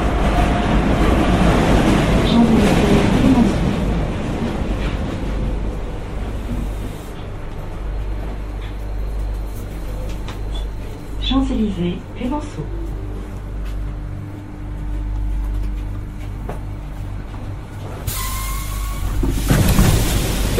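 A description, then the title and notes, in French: Paris Métro ride with a constant low rumble, brief voices early, a squealing whine around twelve seconds, and a burst of hiss near eighteen. Métro parisien.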